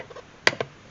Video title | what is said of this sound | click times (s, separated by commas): 2005 Acura TL Power Mirror Fix (clicking) | Side on, this side, just need to snap in place. | 0.5 s